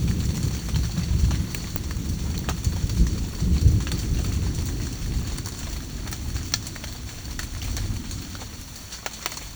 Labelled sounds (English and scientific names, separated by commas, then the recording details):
none
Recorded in secondary vegetation near Puerto Asís, Putumayo, Colombia, on 9 March 2025 at 12:00
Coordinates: 0.499, -76.323
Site G094